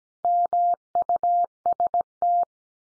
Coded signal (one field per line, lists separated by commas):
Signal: Morse code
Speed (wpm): 17 wpm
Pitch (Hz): 700 Hz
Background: none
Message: MUST